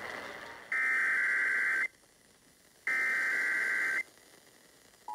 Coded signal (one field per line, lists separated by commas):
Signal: Emergency Alert System (SAME) tones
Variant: header bursts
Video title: MHV Required Monthly Test (5/8/22)